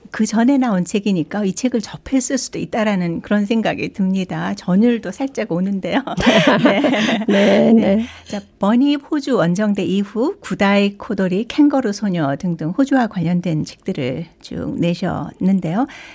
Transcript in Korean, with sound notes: 그전에 나온 책이니까 이 책을 접했을 수도 있다라는 그런 생각이 듭니다. 전율도 살짝 오는데요. (웃음) '버니입 호주 원정대' 이후 '구다이 코돌이' '캥거루 소녀' 등 호주와 관련된 책들을 쭉 내셨는데요.